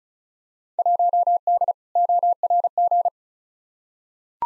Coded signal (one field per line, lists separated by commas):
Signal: Morse code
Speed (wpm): 36 wpm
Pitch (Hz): 700 Hz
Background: none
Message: 1D ORG